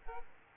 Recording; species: mosquito wingbeat signal from an infrared sensor; Aedes aegypti